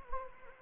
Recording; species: mosquito wingbeat signal from an infrared sensor; Anopheles gambiae